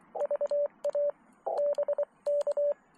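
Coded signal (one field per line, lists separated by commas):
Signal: Morse code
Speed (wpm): 23 wpm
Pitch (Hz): 590 Hz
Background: radio noise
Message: VA BK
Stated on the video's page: Park activation from a public beach on Tangier Island, Friday night.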